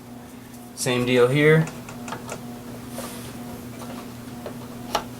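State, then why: Seated. Someone talks briefly as a second RAM module is pushed straight down into its motherboard memory slot. Soft ticks and handling sounds follow over a low steady hum, then a sharp click at 5.0 s as the module seats in place.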